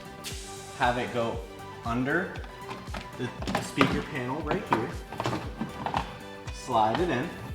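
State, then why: Not seated. Someone talks over background music while a plastic interior trim piece is slid in under the engine bay side panel of a 981 Cayman during an air filter reinstall, with a few short, sharp knocks of handling. The clip ends just before the piece goes home, so nothing has clicked into place or seated yet.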